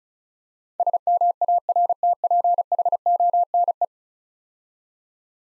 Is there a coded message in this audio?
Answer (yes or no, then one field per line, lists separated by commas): yes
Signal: Morse code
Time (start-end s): 0.8-3.8 s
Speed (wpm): 35 wpm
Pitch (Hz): 700 Hz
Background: none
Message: SMARTPHONE